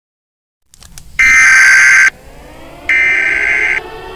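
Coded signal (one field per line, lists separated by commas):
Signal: Emergency Alert System (SAME) tones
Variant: header bursts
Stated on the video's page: Fictional EAS scenario, simulated alert.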